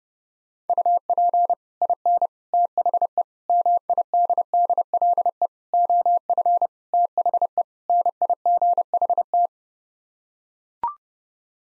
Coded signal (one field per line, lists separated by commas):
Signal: Morse code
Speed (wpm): 29 wpm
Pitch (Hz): 700 Hz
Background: none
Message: UP IN THE MIDDLE OF THE NIGHT